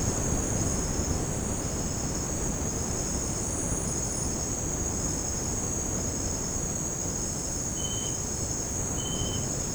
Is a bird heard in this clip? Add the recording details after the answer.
no. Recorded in secondary vegetation near Puerto Asís, Putumayo, Colombia, on 12 March 2025 at 17:30. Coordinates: 0.481, -76.318. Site G097